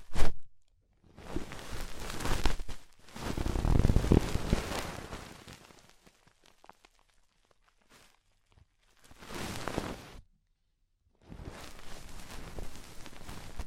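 Ear cleaning with rhinestones and clay comes as crunchy, scratchy bursts of rubbing and crackling, separated by short silences. The loudest, densest stretch falls around three to five seconds with some dull thumps, then isolated clicks, a burst near nine seconds, and steady scratching at the end.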